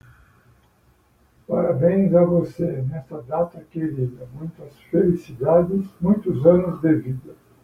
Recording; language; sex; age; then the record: short text; Brazilian Portuguese; male; 50 to 59 years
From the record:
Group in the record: control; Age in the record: 58 years